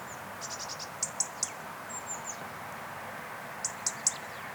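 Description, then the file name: European robin song: thin, very high notes in quick clusters, with short sliding whistles that drop in pitch. A soft steady background hiss runs underneath. "Erithacus rubecula"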